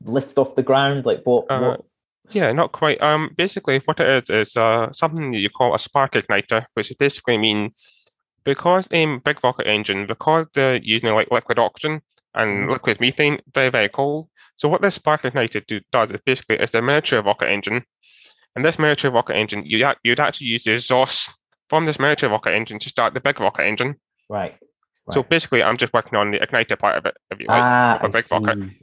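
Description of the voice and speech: A fluent adult male voice with steady pace and normal pauses shows a mild deaf accent, which may not be so obvious. Initial r in 'rocket' comes out close to v, and some consonants such as n in 'miniature' are distorted. This fits the speech of someone born deaf, deaf all his life, who hears through cochlear implants that give very limited hearing.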